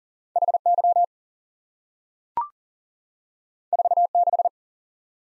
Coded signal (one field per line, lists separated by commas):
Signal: Morse code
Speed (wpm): 40 wpm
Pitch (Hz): 700 Hz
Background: none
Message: H Y 4 6